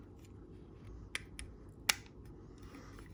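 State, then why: Seated. A plastic clip is pressed onto an MTS2000 / Jedi series two-way radio case. Two quieter sharp clicks at about 1.2 s and 1.4 s come before the loudest, crisp snap at 1.9 s, when the clip seats in place. Faint ticks follow against a low background hum.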